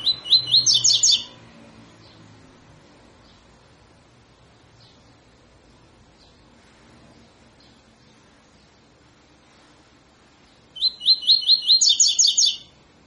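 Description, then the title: Double-collared seedeater song: a fast burst of repeated high chirping notes rising slightly in pitch, heard at the start and again near the end, with quiet in between. Tutor song used for teaching young birds; the song style is called tui tui fibra. "COLEIRO TUI TUI FIBRA CANTO PROFESSOR"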